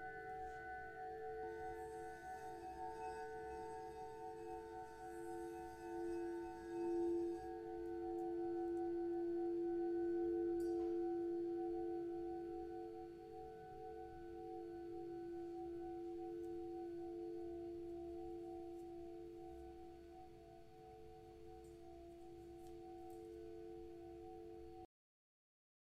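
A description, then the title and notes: A sound bath of singing bowls rings with steady, overlapping tones, a strong middle hum layered with fainter higher overtones. The drone holds throughout with slow swells in loudness, peaking around ten seconds, and a soft low rumble underneath until it stops near 25 seconds. Self-Love Sound Bath.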